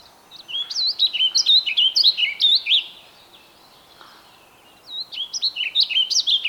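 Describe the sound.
Bird song in two bursts of quick, sharp whistled notes that rise and fall, separated by a pause of about two seconds.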